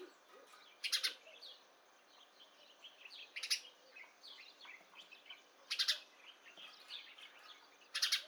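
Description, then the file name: House sparrow chirps, coarse and loud, spaced two to three seconds apart, amid a busy background of soft varied calls from other birds. "Passer domesticus"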